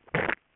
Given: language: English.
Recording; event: throat vibration sensor signal played as sound; swallow